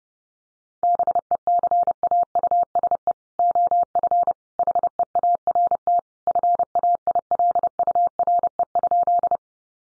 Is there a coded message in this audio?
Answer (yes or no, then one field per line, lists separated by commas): yes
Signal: Morse code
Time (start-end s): 0.8-9.4 s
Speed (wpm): 30 wpm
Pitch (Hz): 700 Hz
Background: none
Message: BECAUSE OF HEART FAILURE?